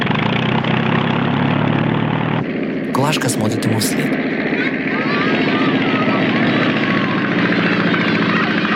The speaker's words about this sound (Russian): Самолет заводится и взлетает.